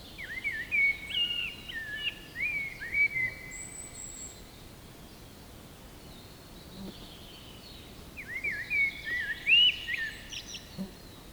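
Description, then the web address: Eurasian blackbird singing fluty, warbling phrases in two bouts with a long pause between, over steady background hiss and a thin high whistle. "linnut mustarastas"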